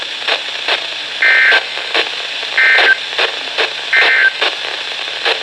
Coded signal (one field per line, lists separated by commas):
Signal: Emergency Alert System (SAME) tones